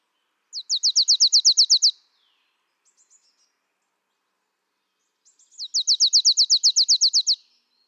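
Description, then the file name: Marsh tit giving a rapid high-pitched trill of quick downslurred notes, repeated twice several seconds apart, with a few faint chips between. "Poecile palustris"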